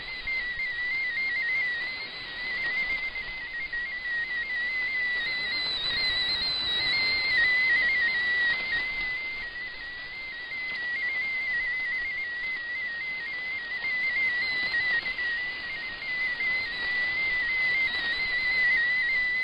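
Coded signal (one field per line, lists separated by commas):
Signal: multi-tone FSK (Olivia or MFSK type)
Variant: MFSK16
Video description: Japanese text transmission mode : MFSK16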